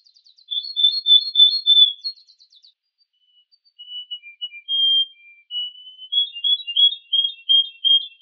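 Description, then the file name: Canary singing a rapid chirping trill, then drawn-out whistled notes that lead into a varied warbling run. A combination of Yorkshire and Russian canary songs. "Kombinasi Suara Kenari Yorkshire dan Rusia"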